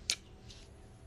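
A plastic screw cap on a new small glass essential oil bottle is twisted open so the oil can be smelled, giving a sharp click at 0.1 s as its tamper seal breaks. A faint soft rustle follows around 0.5 s and a brief tick at 1.1 s. The seal is broken and the cap is released.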